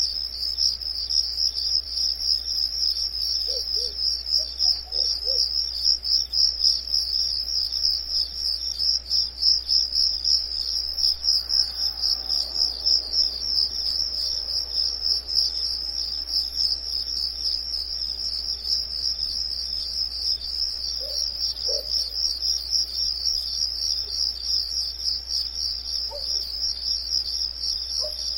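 Crickets at night trill without pause, a dense, high, rapidly pulsing chirr that holds steady for the whole stretch. A few faint, short lower sounds surface briefly around five, twenty-one and twenty-six seconds beneath the insect chorus.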